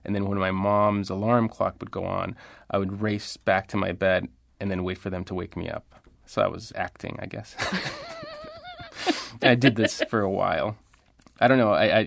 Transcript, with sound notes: And then when my mom's alarms clock would go on, I would race back to my bed and then wait for them to wake me up, so I was acting I guess.
(LAUGHTER)
I did this for a while. I don't know.